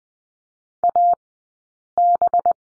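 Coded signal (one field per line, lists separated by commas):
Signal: Morse code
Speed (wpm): 20 wpm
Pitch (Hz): 700 Hz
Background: none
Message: AB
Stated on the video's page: Morse code course lesson on the letter b, two characters, sent at a Farnsworth speed of 20/10 wpm.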